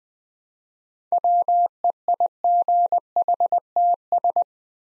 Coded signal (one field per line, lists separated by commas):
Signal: Morse code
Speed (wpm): 20 wpm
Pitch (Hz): 700 Hz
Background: none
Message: WEIGHTS